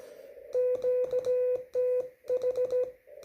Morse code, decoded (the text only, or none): QTH